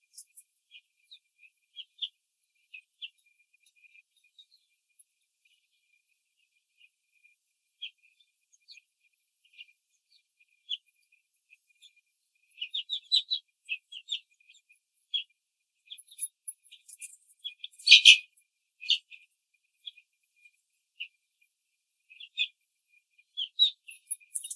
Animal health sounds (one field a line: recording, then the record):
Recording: young laying hens in a cage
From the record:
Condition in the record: control cage, after the stress test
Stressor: none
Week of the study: 4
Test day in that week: 3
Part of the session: 2